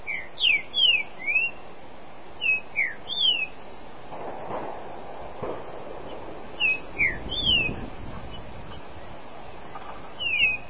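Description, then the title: Green-winged saltator song in bursts of loud, clear, slurred whistles, rising and falling notes grouped in short phrases with pauses, plus a low rumble in the middle. "Trinca Ferro"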